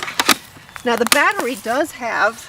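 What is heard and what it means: A plastic lithium-ion battery pack is released from the battery slot of a Yard Force cordless 120 V string trimmer: the release tab is pressed and the pack is pushed out of its slot. Sharp clicks at 0.2 s and 0.3 s mark the latch letting go and the pack popping free. Then someone talks.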